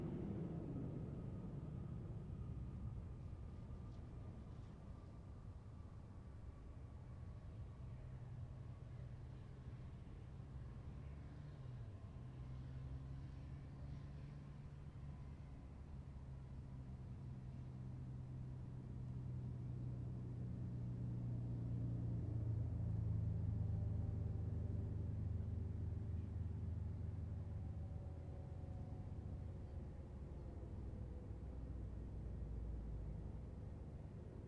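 An aircraft approaching to land, a deep steady rumble with a long engine whine that slowly slides downward. The roar swells toward the middle, loudest around 22 to 25 seconds, with rising and falling tones layered over the low drone.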